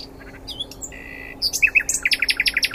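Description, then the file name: Common nightingale song: soft whistled and buzzy notes build into a loud burst of rapid, sharply repeated chirps, with a faint steady hum below. "Luscinia megarhynchos"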